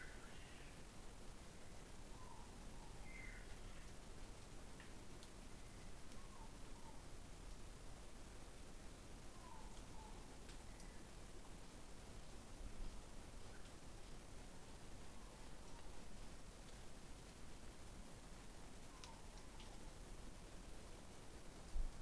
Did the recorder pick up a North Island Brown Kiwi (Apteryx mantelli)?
no